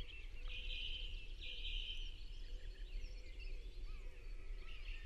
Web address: chant Pouillot fitis